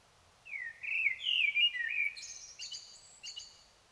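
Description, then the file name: Common blackbird song: smooth, flute-like warbled notes followed by a few sharp, high, squeaky twitters. "Turdus merula"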